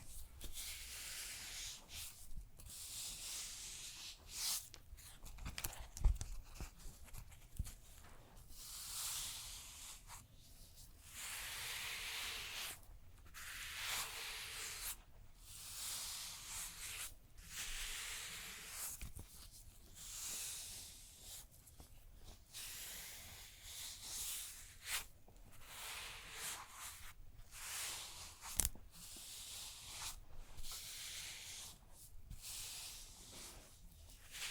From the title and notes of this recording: ASMR Relaxing Neck & Shoulders MASSAGE (No Talking) Layered Sounds.